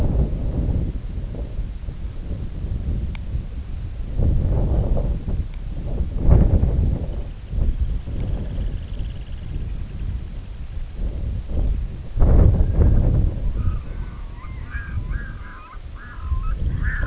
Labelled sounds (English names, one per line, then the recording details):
Semipalmated Sandpiper
unidentified sound
Red-throated Loon
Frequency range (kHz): Semipalmated Sandpiper 1.2-3.8 kHz; Red-throated Loon 0.7-3.5 kHz
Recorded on Arctic tundra, site IGLO-D, on 19 June 2018
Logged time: 18:00